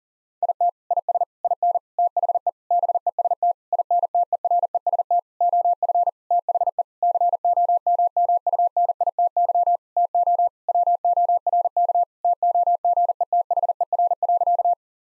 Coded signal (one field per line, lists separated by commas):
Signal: Morse code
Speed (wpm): 40 wpm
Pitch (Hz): 700 Hz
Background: none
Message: IT IS IN THE BEST INTEREST OF THE COMMUNITY TO WORK TOGETHER.